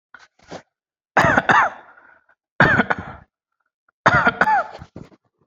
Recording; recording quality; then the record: shallow voluntary cough; excellent, no background noise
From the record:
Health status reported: exposed to COVID-19, no respiratory illness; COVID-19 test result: negative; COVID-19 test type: RT-PCR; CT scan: taken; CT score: 5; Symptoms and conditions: none ticked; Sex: male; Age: 36 years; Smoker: yes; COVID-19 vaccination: one dose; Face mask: not worn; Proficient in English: yes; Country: India